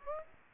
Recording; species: mosquito wingbeat signal from an infrared sensor; Aedes aegypti